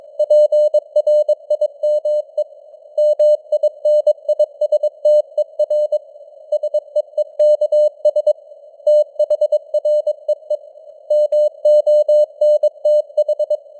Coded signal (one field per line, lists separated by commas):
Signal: Morse code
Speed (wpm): 22 wpm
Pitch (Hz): 600 Hz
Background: none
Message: PRIME MINISTER SEEKS THREE MONTH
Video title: Morse Code News | 2025-10-23 | 22wpm